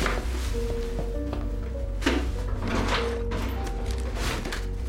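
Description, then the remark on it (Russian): Hurried rummaging as belongings are grabbed and shoved into a plastic bag, with bursts of crinkly rustling and scattered knocks and thuds like drawers or cupboard doors, over a steady low hum. “Разозленный Швед забежал в комнату Мэри и начал хватать без разбору вещи и собирать их в пакет.”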